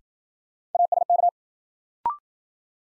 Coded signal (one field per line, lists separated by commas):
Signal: Morse code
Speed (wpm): 52 wpm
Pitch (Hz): 700 Hz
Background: none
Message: ASK